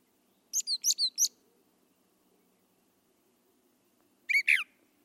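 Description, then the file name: Brown thrasher giving a quick series of five sharp high chips, then a separate buzzy phrase after a pause, with faint low background hum. "suara kicauan brown thrasher. omkicau"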